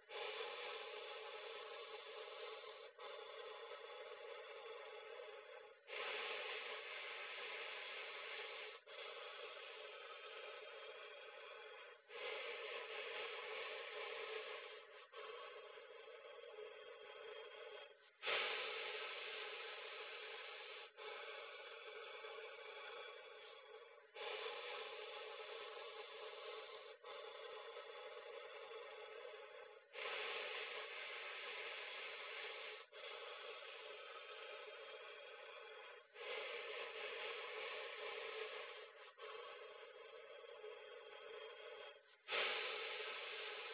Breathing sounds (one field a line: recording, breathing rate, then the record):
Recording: paced breathing near a phone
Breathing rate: 10 breaths a minute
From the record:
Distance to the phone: 40 cm